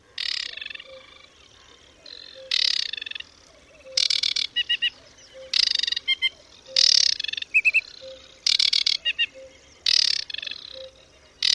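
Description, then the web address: Aquatic warbler song: repeated harsh churring bursts mixed with short bright whistled note groups, steady and lively, over a faint low pulsing tone. "Ptaki Wodniczka"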